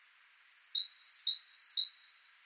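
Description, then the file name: Great tit giving three crisp two-note phrases in quick succession, each a high whistle sliding into a slightly lower one. "Parus major"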